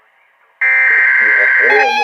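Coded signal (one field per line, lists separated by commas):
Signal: Emergency Alert System (SAME) tones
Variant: header bursts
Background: speech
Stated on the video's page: Severe Thunderstorm Warning from NOAA Weather Radio transmitter XLF339.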